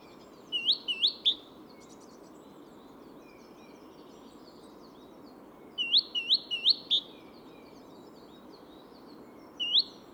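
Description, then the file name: Great tit calls: clear, sharp, high notes in quick runs of four and five, a pause of several seconds between runs, then a lone final note. "Parus major"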